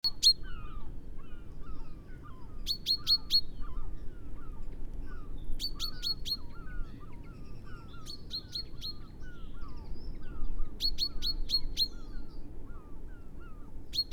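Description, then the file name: Common chaffinch: sharp, metallic notes in quick bursts of three to five, recurring every few seconds, with lower, falling chirps throughout and a low rumble. "Fringilla coelebs"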